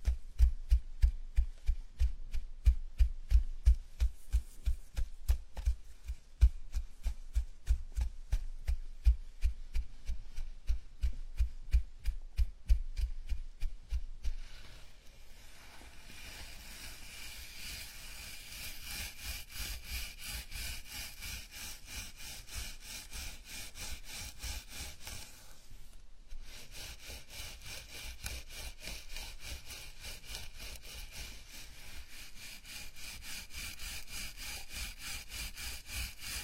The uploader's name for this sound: scalp massage, gentle and comfortable